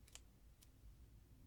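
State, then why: Not seated. A prop cartridge is handled and pushed toward a fictional roleplay implant, with short, faint clicks and ticks at about 0.1, 0.2 and 0.6 seconds over a low, steady background hiss. The clip ends before the part goes home, so nothing has seated or clicked into place yet.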